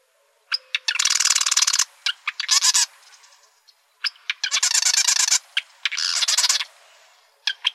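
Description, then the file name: Marsh wren sings dry rattling trills preceded by a few ticking notes, repeated in two long bouts. Arizona, 4 July 2003. "MAWR 3 deviche"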